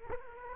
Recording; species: mosquito wingbeat signal from an infrared sensor; Culex quinquefasciatus